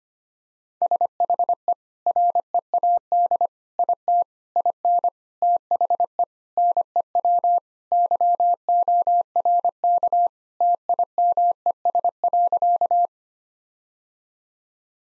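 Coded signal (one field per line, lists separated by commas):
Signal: Morse code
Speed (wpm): 25 wpm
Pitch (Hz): 700 Hz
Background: none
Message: SHE READ IT IN THE NEW YORK TIMES.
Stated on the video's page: Morse code practice at 25 wpm: sentences built from common five-word phrases, sent, spoken, then sent again for head-copy.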